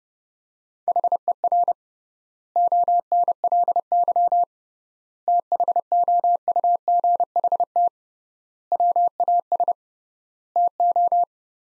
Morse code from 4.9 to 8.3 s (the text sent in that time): THOUGHT